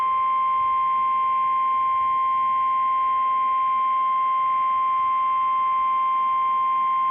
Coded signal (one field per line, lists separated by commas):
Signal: Emergency Alert System (SAME) tones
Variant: 1050 Hz attention tone